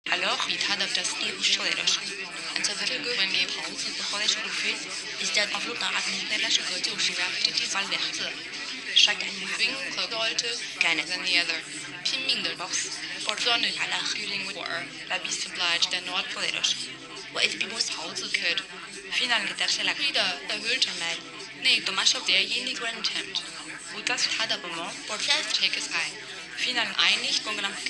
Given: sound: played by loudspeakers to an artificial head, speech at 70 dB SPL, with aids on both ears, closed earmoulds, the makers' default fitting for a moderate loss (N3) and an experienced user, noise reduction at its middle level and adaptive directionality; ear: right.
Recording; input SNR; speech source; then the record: speech test signal (ISTS) in cocktail-party noise; -3 dB; in front (0 degrees)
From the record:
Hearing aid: class 1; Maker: B